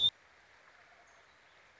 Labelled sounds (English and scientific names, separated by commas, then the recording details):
Wild Turkey (Meleagris gallopavo)
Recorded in Sonoma County, California